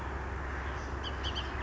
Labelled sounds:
Bullock's Oriole
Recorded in Sonoma County, California

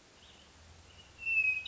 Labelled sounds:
Hermit Thrush
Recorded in Sonoma County, California

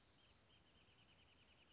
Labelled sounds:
Wrentit
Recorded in Sonoma County, California

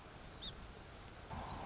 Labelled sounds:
Song Sparrow
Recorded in Sonoma County, California

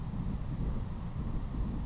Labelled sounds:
Savannah Sparrow
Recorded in Sonoma County, California

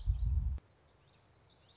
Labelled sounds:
Common Yellowthroat
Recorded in Sonoma County, California

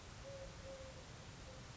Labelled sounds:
Eurasian Collared Dove
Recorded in Sonoma County, California

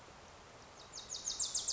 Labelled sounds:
Wilson's Warbler
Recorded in Sonoma County, California

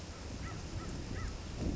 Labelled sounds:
American Crow
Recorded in Sonoma County, California

